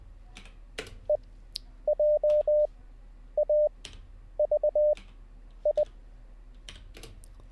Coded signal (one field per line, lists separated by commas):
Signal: Morse code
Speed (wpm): 20 wpm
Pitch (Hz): 600 Hz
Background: none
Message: EJAVI